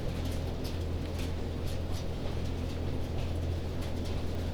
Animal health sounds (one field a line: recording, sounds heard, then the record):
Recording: poultry house recording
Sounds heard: no chicken sound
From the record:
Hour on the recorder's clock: 0